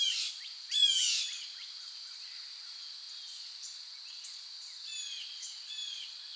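Bird chirps: a burst of quick, bright downward-sweeping notes at the start, then only faint scattered chirps over a steady, high hum.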